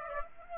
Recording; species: mosquito wingbeat signal from an infrared sensor; Aedes aegypti